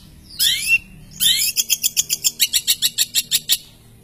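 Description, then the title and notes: Long-tailed shrike song: two squealing notes, then a rapid run of many evenly spaced sharp, high notes. Masteran recording of assorted chirping birdsong, used for training songbirds. "cendet_05. Bermacam macam suara kicauan burung Masteran"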